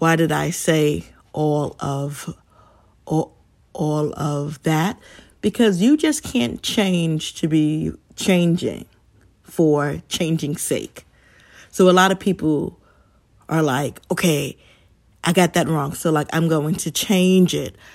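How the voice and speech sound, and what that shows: An adult woman speaking with a repeated phrase, glottal catch, pauses and stretched sounds, stumbling on words: stuttering.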